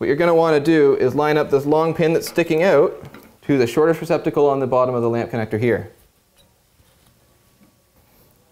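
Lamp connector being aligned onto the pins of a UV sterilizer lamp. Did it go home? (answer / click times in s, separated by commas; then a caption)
no / none. A lamp connector is lined up with the pins of a VIQUA UV sterilizer lamp, matching the long pin sticking out to the shortest receptacle on the bottom of the plastic connector. Someone talks for about the first six seconds, followed by near silence. Nothing has seated or clicked yet.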